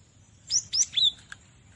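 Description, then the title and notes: Cinereous tit giving three bright, high whistled notes that slide downward, followed by a short click. "Gelatik Batu. burung gelatik"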